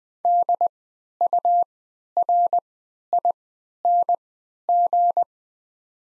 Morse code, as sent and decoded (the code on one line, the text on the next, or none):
-.. ..- .-. .. -. --.
DURING